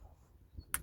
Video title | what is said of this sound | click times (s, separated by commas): Hyundai tucson screen washer jet not working due to dirty washer jet bottle & washer jet pump filter | There we go. Hear the click right here. | 0.7 s